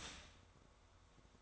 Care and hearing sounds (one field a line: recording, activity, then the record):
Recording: daily activity, microphone in the room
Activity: start toaster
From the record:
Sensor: 3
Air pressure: 1004.2 hPa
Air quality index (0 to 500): 200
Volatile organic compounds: 15 ppm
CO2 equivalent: 2502 ppm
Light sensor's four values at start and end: 4/11/4/4 and 4/11/4/4